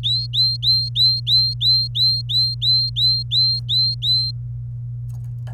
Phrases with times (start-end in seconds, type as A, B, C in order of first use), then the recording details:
0.03-4.31 A, 5.47-5.48 B. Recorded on 27 April 2018 at 09:02. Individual llb3